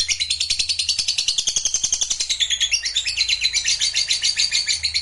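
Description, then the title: Lovebird song: a dense, high-pitched chattering warble of rapid twittering notes, with fast regular clicking pulses running underneath throughout. Lovebird song used as trigger audio to get a lovebird that is reluctant to sing excited, so it starts singing spontaneously. "LOVEBIRD Malas Bunyi JADI GREGET SPONTAN Langsung NARIK"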